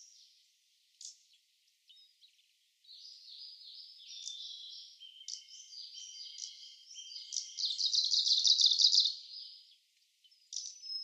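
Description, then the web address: Kamchatka leaf warbler: high, thin notes building into a long buzzy, rapidly repeated trill, with brief sharp calls before and after. "komebosomusikui"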